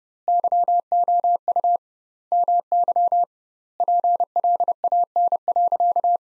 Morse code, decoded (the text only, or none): YOU MY PLAN.